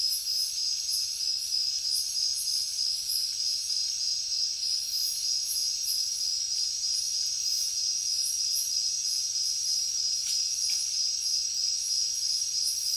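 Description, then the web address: Crickets in a thick chorus, a constant piercing whine overlaid by rapid pulses, with a couple of brief faint clicks late on. Heavy cricket chorus in a jungle at night. "papadroid sound Nature Jungle Night Heavy Crickets"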